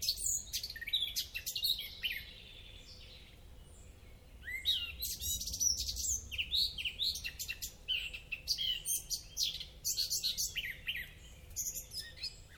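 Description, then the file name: Eurasian blackcap delivering rapid chattering phrases with rising whistled slurs, a quieter gap midway, then dense ticking and warbled notes again over a low rumble. "Sylvia atricapilla"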